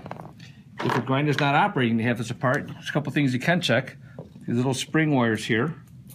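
Small spring levers in the grinder assembly of a Gaggia Brera espresso machine are handled while someone talks, with a few faint, brief taps near the start at about 0.1–0.4 seconds. Nothing has seated or clicked into place yet.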